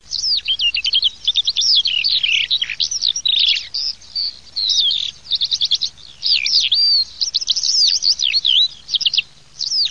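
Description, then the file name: Eurasian skylark song: a long stream of high, rapid chirps, slurred whistles and short trills, with only brief pauses. "ALLODOLA"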